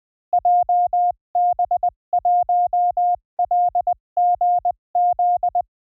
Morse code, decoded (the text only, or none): JB1LGZ